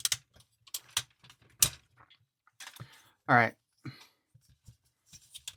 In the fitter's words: So, it looks like we've got him locked into place.